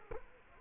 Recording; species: mosquito wingbeat signal from an infrared sensor; Culex quinquefasciatus